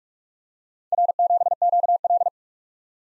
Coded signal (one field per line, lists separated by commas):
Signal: Morse code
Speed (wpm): 44 wpm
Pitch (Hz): 700 Hz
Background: none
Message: R7QL